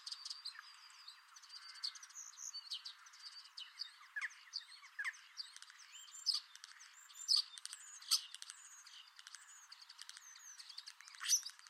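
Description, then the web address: Common starling song, a busy stream of chattering clicks, creaky notes and thin whistles with louder sharp notes later on. "Deverinetal 2025. Bird Only"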